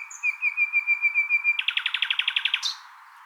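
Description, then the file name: Common nightingale song opening with a long, wavering high whistle, breaking into a rapid rattling trill and ending on a sharp upward flick. "Luscinia megarhynchos"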